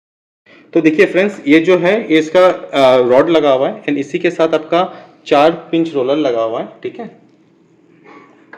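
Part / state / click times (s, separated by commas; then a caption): pinch roller lever on a vinyl cutting plotter rod / seated / 8.5 s. A man talks while pointing out the roller rod and pinch roller on a Skycut vinyl cutting plotter. He then raises the pinch roller lever, and a sharp click sounds at 8.5 s as the lever locks in place so the roller won't move.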